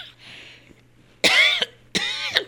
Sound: she coughs

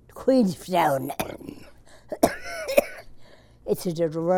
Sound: coughs

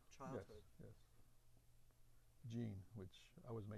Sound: this time he pronounces it as jeen instead of the French pronunciation of Jean

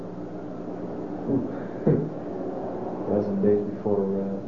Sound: laughs

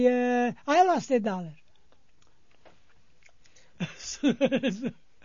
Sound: he laughs

